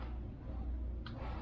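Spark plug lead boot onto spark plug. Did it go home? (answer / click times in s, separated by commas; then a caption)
yes / 1.1 s. On a 1971 Range Rover, the rubber HT lead boot is refitted onto the spark plug and clicks on at 1.1 s, a short sharp click over a steady low background rumble. The click confirms the boot is properly seated, with no gap left between the boot and the plug.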